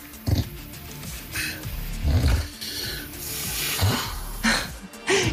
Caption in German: Schnarchnase aus Schwedt, die übrigens im Urlaub immer getrennte Zimmer buchen, weil sie seinen Schnarchen einfach nicht aushält.